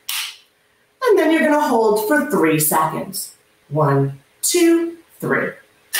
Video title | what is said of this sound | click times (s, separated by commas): How to Use Your Auto-Injector | you push it down until you hear a click and then | 0.1 s